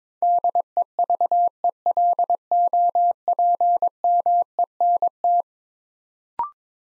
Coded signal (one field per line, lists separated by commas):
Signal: Morse code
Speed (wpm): 22 wpm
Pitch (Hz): 700 Hz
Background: none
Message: DEVELOPMENT